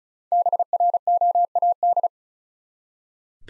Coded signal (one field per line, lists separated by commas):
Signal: Morse code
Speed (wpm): 36 wpm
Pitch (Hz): 700 Hz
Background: none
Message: BROAD